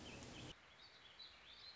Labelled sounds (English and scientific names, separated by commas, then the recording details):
Warbling Vireo (Vireo gilvus)
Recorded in Sonoma County, California